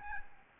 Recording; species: mosquito wingbeat signal from an infrared sensor; Aedes albopictus